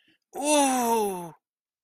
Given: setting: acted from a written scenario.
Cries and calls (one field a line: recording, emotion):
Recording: vocal sound without words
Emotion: pain